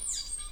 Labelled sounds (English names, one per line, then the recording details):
Stitchbird song
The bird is a male
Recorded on Tiritiri Matangi Island, New Zealand, in 2005
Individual 11, of nest box 13